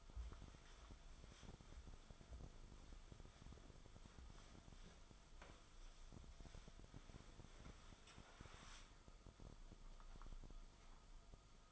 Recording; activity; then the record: daily activity, microphone in the room; wipe stove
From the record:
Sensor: 5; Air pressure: 1004.9 hPa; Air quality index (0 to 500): 106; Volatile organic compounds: 2 ppm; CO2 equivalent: 1288 ppm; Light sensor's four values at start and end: 32/73/30/30 and 31/69/29/29